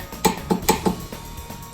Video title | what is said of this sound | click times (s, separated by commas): How to Install the TRD Skid Plate on Your Toyota Tundra [4K] | There it is. You can hear that torque wrench click. | 0.3 s, 0.5 s, 0.7 s